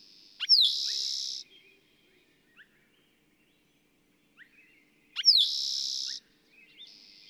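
Bird song: two loud, harsh buzzy trills about a second long, separated by brief thin notes and quiet pauses.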